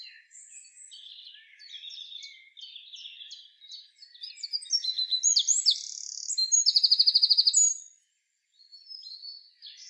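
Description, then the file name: Eurasian wren singing: soft, scratchy high notes build into a loud, rapid stream ending in a bright, machine-gun trill before a short silence. "Troglodytes troglodytes"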